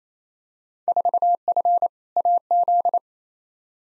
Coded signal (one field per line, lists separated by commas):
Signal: Morse code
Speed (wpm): 28 wpm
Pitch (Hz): 700 Hz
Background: none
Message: 4F AZ